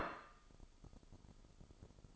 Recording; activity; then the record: daily activity, microphone in the room; place plate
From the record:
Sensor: 5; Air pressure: 995.4 hPa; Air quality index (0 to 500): 87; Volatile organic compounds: 4 ppm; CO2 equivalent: 1625 ppm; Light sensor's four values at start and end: 23/58/22/21 and 23/58/22/21